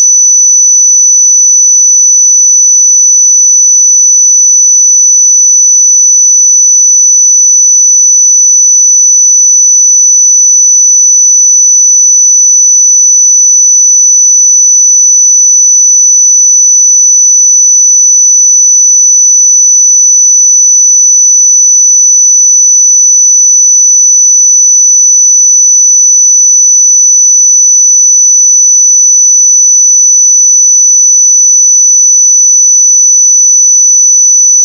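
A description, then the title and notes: A pure sine tone at 5978 Hz, high and thin, holds perfectly steady for the full thirty-five seconds. Its loudness never shifts, with no breaks, wavering or other sounds anywhere beneath it. 5978 Hz 1 Hz Interval Sine Pure Tone Frequency 441000 Sample Mono.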